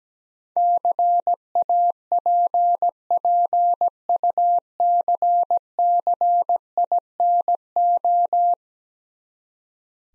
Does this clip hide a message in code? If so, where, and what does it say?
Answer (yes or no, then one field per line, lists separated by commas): yes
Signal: Morse code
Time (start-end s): 0.6-8.5 s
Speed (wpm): 17 wpm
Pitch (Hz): 700 Hz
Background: none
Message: CAPPUCCINO